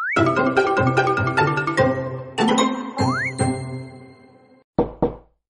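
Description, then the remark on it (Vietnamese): Knocking on a door in loose bursts of sharp raps, each ringing with a bright, tonal edge, then a short pause and two final knocks, as Mộ Dung Diễn keeps knocking on the door. No voices are heard. “Mộ Dung Diễn tiếp tục gõ cửa.”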